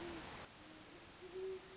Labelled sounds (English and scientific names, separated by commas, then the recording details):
Great Horned Owl (Bubo virginianus)
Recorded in Sonoma County, California